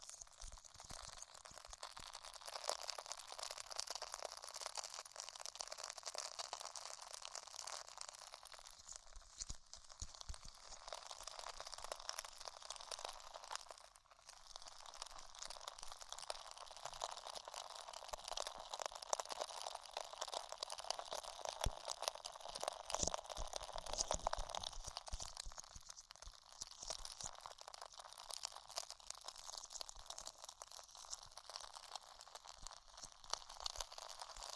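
Tingly ear sounds of dense, continuous crunching and crinkling, crisp and bright with little low end, briefly dipping around fourteen seconds.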